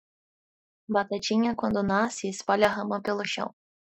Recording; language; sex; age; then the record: short text; Brazilian Portuguese; female; 20 to 29 years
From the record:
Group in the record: control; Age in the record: 24 years